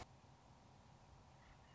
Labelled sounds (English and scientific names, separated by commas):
Western Meadowlark (Sturnella neglecta)